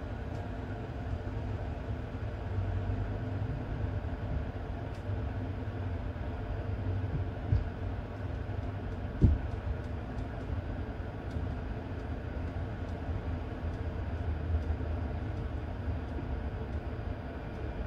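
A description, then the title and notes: A locomotive rumbles steadily, a dense low drone with faint rhythmic clicks, and a sharp knock near nine seconds breaks through. Cinematic Train Journey. Powerful Locomotive Sounds.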